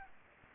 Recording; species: mosquito wingbeat signal from an infrared sensor; Anopheles gambiae